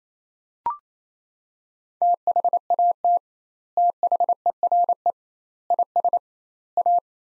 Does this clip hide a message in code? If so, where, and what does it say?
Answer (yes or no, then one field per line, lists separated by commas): yes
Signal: Morse code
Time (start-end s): 2.0-7.0 s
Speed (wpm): 28 wpm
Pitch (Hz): 700 Hz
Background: none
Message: THAT THERE IS A